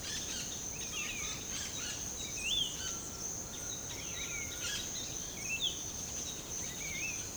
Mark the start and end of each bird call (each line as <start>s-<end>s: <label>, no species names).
0.00s-5.75s: bird call
6.75s-7.18s: bird call